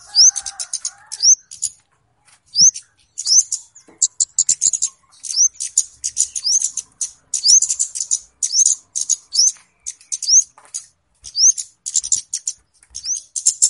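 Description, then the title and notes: Flowerpecker chirping: high ticking chips in bursts, regularly punctuated by quick upslurred notes, with faint lower sounds at the start. Local names kemade and cabe cabean; clear recording used as a lure (pikat). "Kicau Burung Kemade ( Cabe Cabean) Jernih. Suara Burung Cabe Cabean Pikat"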